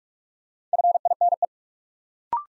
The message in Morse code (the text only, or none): FINE